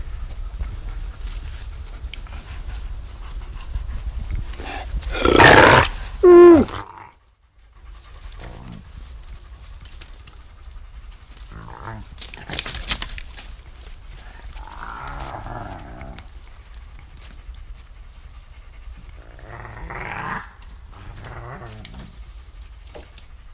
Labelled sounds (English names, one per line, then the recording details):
Gray Wolf aggressive call
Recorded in captivity
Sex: group
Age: adult
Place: Wildpark Schorfheide, Schorfheide, Brandenburg, DE
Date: 1999-07-25 18:27
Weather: fair, 27°C
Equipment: Sony WM-D6C, Sennheiser ME 80, Kopie Uher 4000 Report Monitor
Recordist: Tembrock, Günter
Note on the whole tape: 5 Tiere; 2 Rüden am Gitter, davor wolfsgroßer Hunderüde diverse Laute am Gitter. Wolfsrüden z.T. mit Maulquerbiß und Lauten untereinander. Dominierender Rüde am Gitter gegen Hund: Heulanlaute, dabei vorn hochgehend (z.T. übersteuert!!!)